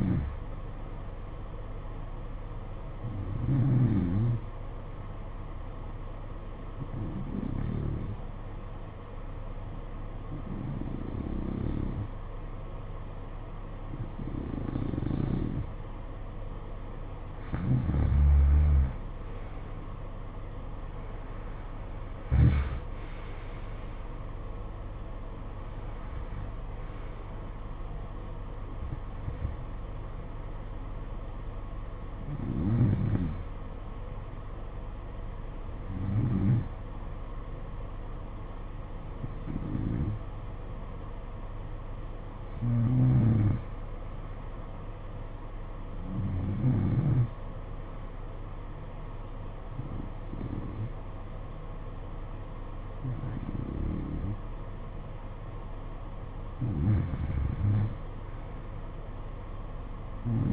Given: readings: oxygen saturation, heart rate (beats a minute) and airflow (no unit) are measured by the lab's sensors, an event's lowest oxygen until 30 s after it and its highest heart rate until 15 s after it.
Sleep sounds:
breathing in sleep by a smartphone at the bedside; 2
3.00-20.10 s: hypopnea (N2, oxygen 93% highest, then 87% lowest, heart rate 57 at the start, 65 highest)
14.00-44.00 s: new sleep stage, N3 (deep sleep)
37.00-55.10 s: hypopnea (N3, oxygen 94% highest, then 89% lowest, heart rate 55 at the start, 61 highest)
44.00-60.53 s: new sleep stage, N2 (light sleep)
From the record:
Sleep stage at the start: N2 (light sleep); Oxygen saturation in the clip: 87 to 94%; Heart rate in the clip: 54 to 65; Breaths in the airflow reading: 18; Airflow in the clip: -15.6 to 17.7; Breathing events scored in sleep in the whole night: 476 in 9.7 hours asleep

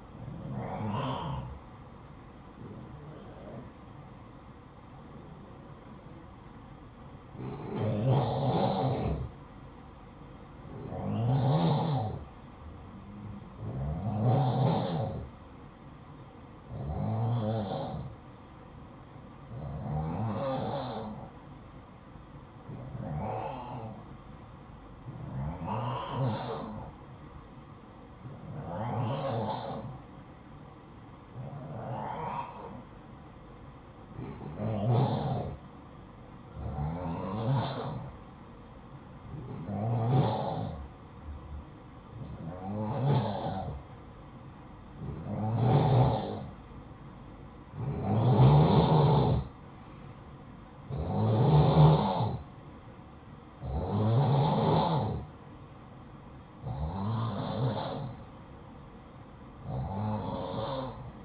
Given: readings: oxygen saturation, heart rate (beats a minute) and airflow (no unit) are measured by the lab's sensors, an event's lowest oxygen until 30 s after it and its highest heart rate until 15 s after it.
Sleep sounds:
breathing in sleep by a smartphone at the bedside; 1
4.00-40.70 s: hypopnea (N2, oxygen 93% highest, then 89% lowest, heart rate 60 at the start, 68 highest)
From the record:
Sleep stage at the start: N2 (light sleep); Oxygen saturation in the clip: 89 to 93%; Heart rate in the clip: 54 to 68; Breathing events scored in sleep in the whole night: 573 in 9.8 hours asleep

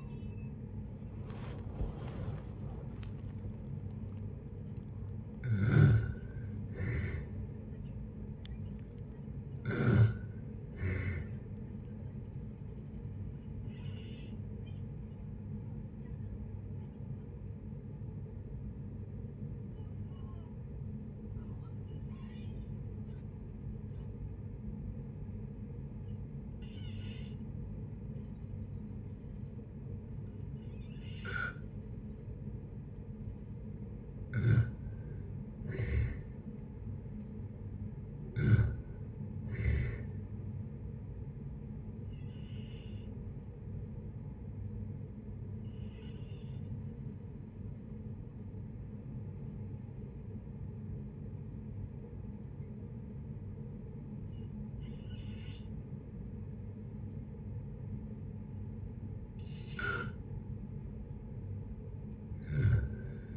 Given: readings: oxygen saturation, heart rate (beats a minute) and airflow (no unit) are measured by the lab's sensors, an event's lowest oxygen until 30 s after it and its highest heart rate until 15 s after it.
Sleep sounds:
a person awake in a sleep study, by a smartphone at the bedside; none
0.00-63.37 s: awake
0.00-63.37 s: awake
From the record:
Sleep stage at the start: awake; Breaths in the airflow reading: 19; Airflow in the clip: -0.8 to 0.6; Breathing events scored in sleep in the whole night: 496 in 5.4 hours asleep

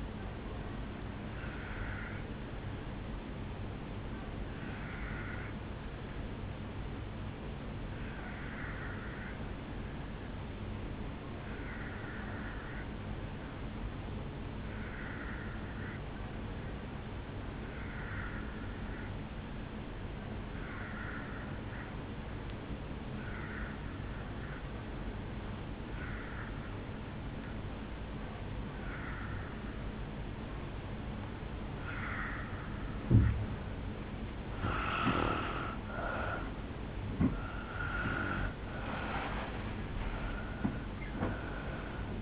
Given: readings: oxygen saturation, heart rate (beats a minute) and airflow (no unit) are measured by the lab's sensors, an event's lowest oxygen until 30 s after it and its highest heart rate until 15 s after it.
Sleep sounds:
breathing in sleep by a voice recorder at the bedside; 1
10.00-36.20 s: obstructive apnea (N1, oxygen 96% highest, then 82% lowest, heart rate 53 at the start, 72 highest)
16.00-42.22 s: new sleep stage, N2 (light sleep)
From the record:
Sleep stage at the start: N1 (lightest sleep); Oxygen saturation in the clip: 81 to 96%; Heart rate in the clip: 53 to 72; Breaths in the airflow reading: 5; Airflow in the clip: -6.8 to 4.5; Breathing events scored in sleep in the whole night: 449 in 7.0 hours asleep

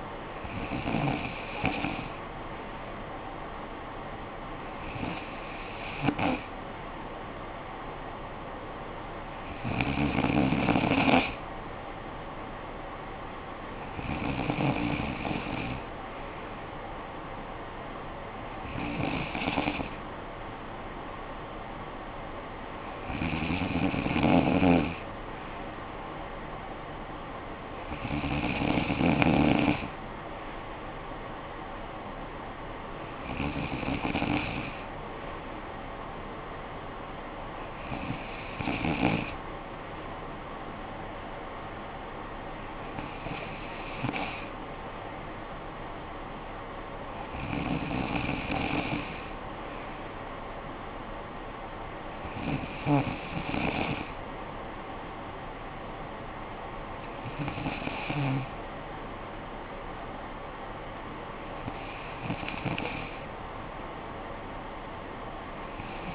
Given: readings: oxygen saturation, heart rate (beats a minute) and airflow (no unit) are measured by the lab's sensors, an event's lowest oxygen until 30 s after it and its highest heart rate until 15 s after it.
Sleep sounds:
breathing in sleep by a voice recorder at the bedside; none
none scored
From the record:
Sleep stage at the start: N2 (light sleep); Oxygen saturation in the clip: 94 to 95%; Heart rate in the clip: 53 to 62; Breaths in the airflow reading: 14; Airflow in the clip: -10.4 to 6.2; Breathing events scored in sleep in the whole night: 445 in 7.6 hours asleep

